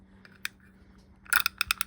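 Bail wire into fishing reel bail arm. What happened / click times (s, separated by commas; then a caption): The wire spring snapped into its mounting hole / 1.6 s. A handmade replacement steel bail wire is flexed out just enough to snap into its mounting hole on the bail arm of a Norman No. 29 fishing reel. After a faint tick near 0.5 s, a quick run of sharp metallic clicks comes from about 1.3 s to the end. The wire springs into place and seats at 1.6 s.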